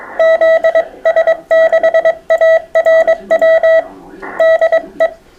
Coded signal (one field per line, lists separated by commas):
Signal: Morse code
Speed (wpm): 22 wpm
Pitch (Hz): 650 Hz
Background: none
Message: ZS6ARW DE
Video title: CW Morse Code Group Chats, Sunday 25th July 2021